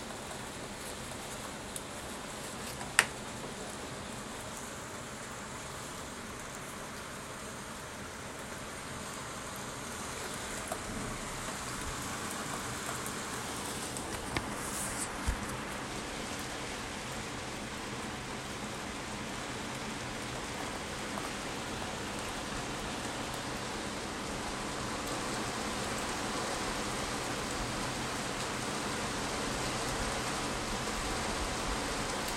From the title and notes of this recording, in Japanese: 緊急事態宣言中の東京の雨の音。突然降り出した大粒の雨。心地よい雨の音をとりました。（音質は粗め）。